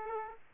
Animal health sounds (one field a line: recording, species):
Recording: mosquito wingbeat signal from an infrared sensor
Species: Aedes aegypti